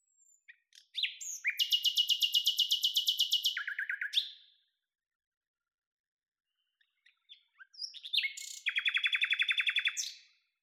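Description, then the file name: Common nightingale singing two phrases, each with brief introductory notes leading into a long, rapid, buzzy trill, separated by a pause. "Luscinia megarhynchos"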